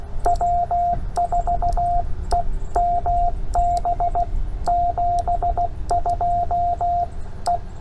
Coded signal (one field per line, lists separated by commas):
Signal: Morse code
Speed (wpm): 16 wpm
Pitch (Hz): 700 Hz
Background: radio noise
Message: W4EMB 72 E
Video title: POTA Redemption. CW Copy Practice with Subtitles with Ed